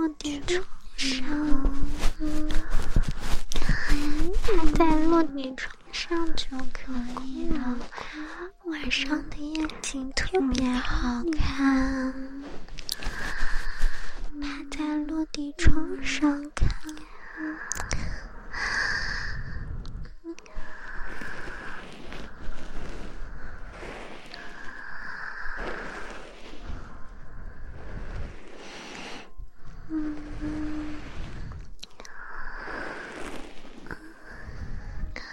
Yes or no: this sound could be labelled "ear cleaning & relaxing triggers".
yes